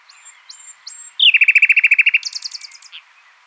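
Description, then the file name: Common nightingale phrase: three high thin whistles, then a loud fast rattling trill, followed by a higher trill that trails off. "Luscinia megarhynchos"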